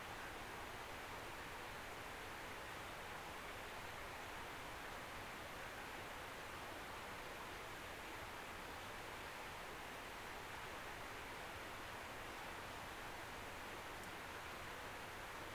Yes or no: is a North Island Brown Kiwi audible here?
no